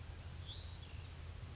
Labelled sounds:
Hutton's Vireo

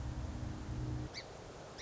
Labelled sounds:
Song Sparrow

